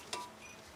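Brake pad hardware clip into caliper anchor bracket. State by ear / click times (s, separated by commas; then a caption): not seated / none. A new metal brake pad hardware (abutment) clip is being handled and pressed into the caliper anchor bracket on the front brake of a 2004–2008 Ford F-150. A brief bright metallic tick rings out at about 0.1 s amid low background noise. Nothing has seated or clicked into place yet.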